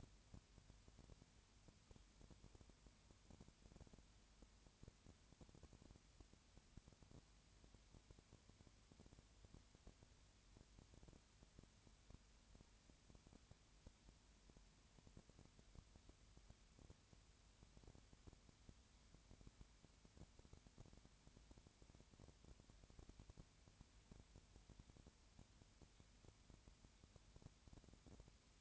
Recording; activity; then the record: daily activity, microphone in the room; no activity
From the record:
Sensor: 2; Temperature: 20.4 degrees Celsius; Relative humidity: 35.6%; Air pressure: 1007.1 hPa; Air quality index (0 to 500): 122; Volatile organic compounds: 2 ppm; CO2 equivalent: 1253 ppm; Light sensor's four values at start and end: 2/3/2/2 and 2/3/2/2